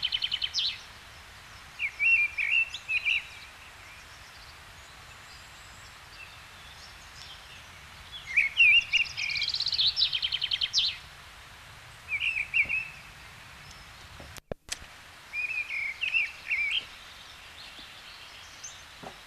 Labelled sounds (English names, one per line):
Mistle Thrush song